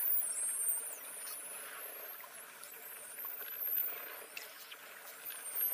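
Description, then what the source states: Dolphin whistles, a few thin high sweeping tones, one long rising glide near the start, set against steady crackling underwater noise. Voices with whistles.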